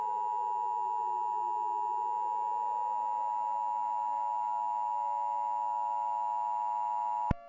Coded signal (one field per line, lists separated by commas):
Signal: Emergency Alert System (SAME) tones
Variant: 853 and 960 Hz attention tone